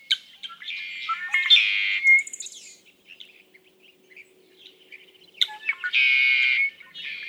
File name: Red-winged Blackbird